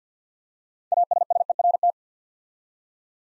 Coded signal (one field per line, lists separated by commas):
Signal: Morse code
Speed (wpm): 50 wpm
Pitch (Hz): 700 Hz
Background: none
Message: ASSERT